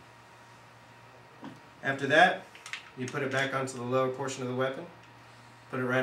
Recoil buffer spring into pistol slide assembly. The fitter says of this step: And then there's another notch right here to lock it into place. You just press it down.